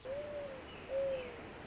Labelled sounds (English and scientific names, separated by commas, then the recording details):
Mourning Dove (Zenaida macroura)
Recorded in Sonoma County, California